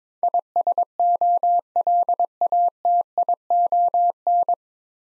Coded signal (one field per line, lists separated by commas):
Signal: Morse code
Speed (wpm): 22 wpm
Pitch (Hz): 700 Hz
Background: none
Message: ISOLATION